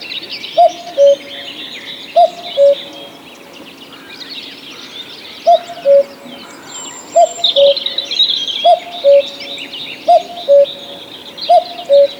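Cuckoo calling its two-note cu-coo, the second note lower, repeated about seven times with short gaps; other songbirds chatter faintly in the background.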